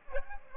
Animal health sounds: mosquito wingbeat signal from an infrared sensor; Aedes aegypti

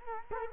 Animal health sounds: mosquito wingbeat signal from an infrared sensor; Culex quinquefasciatus

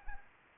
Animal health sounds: mosquito wingbeat signal from an infrared sensor; Anopheles arabiensis

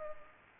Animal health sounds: mosquito wingbeat signal from an infrared sensor; Culex pipiens

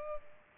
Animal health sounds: mosquito wingbeat signal from an infrared sensor; Culex pipiens

